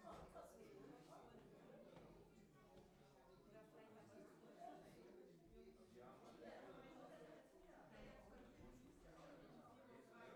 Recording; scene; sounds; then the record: everyday scene through a hearing-aid microphone; many people talking; many voices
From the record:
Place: parish hall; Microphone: behind the ear, right, front